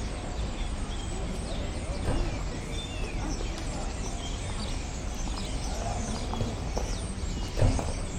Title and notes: Bruxelles, Belgique, Rue de Flandre - hundreds of starlings on a crane. Des centaines d'étourneaux sur une grue honderden spreeuwen op een kraan